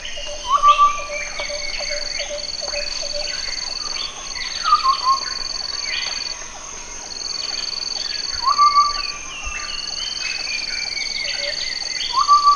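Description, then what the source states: Chestnut-backed scimitar babbler piping rapid clusters of notes every few seconds amid a dense chorus of buzzing insects, other birds and a steady pulsed caller. Recorded at Danum on 1 April 2006.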